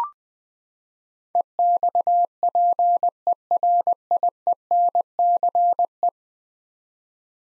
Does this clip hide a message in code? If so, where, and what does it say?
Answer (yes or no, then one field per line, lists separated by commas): yes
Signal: Morse code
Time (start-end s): 1.4-6.1 s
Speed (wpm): 20 wpm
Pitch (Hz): 700 Hz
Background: none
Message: EXPERIENCE